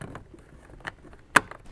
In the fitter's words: that locked into place